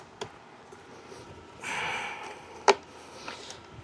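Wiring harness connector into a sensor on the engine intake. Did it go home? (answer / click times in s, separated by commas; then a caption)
yes / 2.7 s. A wiring harness connector is pushed onto its mating socket on a sensor on the engine intake assembly, during reassembly after replacing a cracked intake boot. A faint tap at 0.2 s and a brief hiss around 1.6–2.2 s come before a sharp, loud click at 2.7 s as the connector latches. The connector is seated and locked into place.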